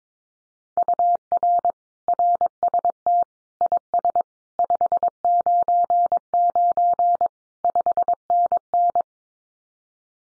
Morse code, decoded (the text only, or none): UR RST IS 599 5NN